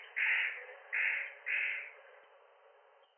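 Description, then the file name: Spotted nutcracker giving three harsh, rasping notes, the last two closer together, followed by quiet. Recorded at Osado on 7 June 2017. "hoshigarasu 170607 osado"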